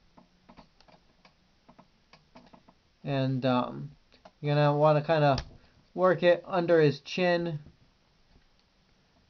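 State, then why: Not seated. A removable plastic chest plate is worked under the chin of a Star Wars Episode 2 C-3PO action figure and lined up with the hole in the torso's chest, where its tab will go. Light plastic-on-plastic ticks are heard at about 0.5, 0.8, 1.3, 1.7, 2.1 and 8.6 seconds, while someone talks in between. Nothing has snapped or seated yet.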